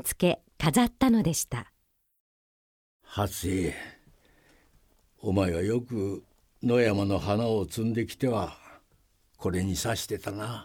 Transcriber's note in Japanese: none